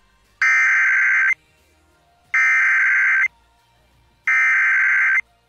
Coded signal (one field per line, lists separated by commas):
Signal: Emergency Alert System (SAME) tones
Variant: header bursts